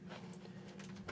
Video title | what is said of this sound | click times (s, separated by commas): Sena Smart HJC 10B Install on a HJC i90 Modular Helmet - Sportbike Track Gear | push it into the molded pocket you're going to hear an audible click and | 1.1 s